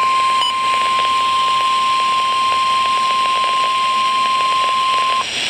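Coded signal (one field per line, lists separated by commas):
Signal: Emergency Alert System (SAME) tones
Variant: 1050 Hz attention tone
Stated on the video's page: Severe thunderstorm warning from a NOAA weather radio station in Madison, Wisconsin.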